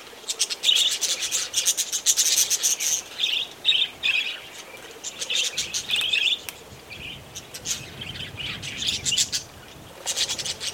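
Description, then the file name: Budgerigar flock calls: busy, grating chirps and warbles in uneven bursts, dropping away briefly near the middle before the chatter resumes. Budgerigars near Gosses Bluff, Northern Territory. "BIRD-budgies-nr-gosses-bluff nt"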